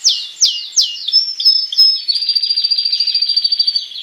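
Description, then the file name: Spanish timbrado canary song: several loud descending whistled sweeps, then a long fast metallic rolling trill, high-pitched and continuous. "canto do canario raca espanhola"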